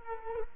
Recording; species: mosquito wingbeat signal from an infrared sensor; Culex quinquefasciatus